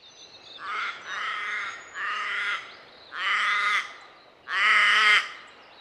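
Bird giving harsh, nasal calls, five drawn-out squawks over about five seconds, the later ones louder.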